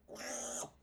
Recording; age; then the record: pig call; piglet (1 to 25 days)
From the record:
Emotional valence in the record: negative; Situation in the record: restrain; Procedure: back test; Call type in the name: high-frequency call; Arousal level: low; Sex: male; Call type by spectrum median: high-frequency call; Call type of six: high-frequency stable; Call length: 0.83 s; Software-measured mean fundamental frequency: 205 Hz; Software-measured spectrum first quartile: 847 Hz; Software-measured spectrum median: 3901 Hz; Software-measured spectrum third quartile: 6780 Hz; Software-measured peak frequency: 592 Hz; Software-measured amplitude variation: 123 dB a second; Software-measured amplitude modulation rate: 24.2 a second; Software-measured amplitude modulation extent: 5.1 dB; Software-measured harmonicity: 3.6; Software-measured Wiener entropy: -2.74